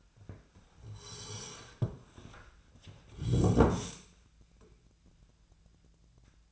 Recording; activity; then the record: daily activity, microphone in the room; sit down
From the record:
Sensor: 2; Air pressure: 1007.7 hPa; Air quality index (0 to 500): 179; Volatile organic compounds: 10 ppm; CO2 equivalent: 2200 ppm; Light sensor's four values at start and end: 9/23/9/10 and 10/23/9/10